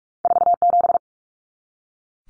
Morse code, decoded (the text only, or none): 47